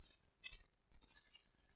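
The back section of a three-piece metal test key blade for a Honda car is pressed onto the center piece, whose dimples and holes let the parts pop into place. Sharp snapping clicks are heard at 0.5 s and 1.4 s, and the back section seats on the center piece.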